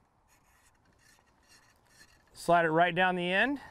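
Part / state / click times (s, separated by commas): arrow onto airbow air tube / not seated / none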